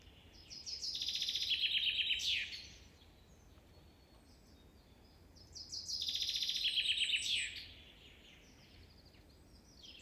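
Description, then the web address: Common chaffinch delivering two full song phrases, a rapid falling trill ending in a sharp flourish, about five seconds apart over steady background hiss. "linnut peipponen"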